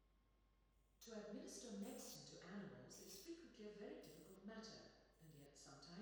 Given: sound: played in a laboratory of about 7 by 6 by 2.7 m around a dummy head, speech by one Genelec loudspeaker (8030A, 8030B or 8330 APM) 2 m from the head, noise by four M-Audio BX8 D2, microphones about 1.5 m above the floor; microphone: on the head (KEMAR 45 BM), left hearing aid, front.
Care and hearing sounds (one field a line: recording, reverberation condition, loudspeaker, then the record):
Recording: female speech in English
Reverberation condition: high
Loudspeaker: 30 degrees to the right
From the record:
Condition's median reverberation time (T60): about 1300 ms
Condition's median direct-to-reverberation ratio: about -4.0 dB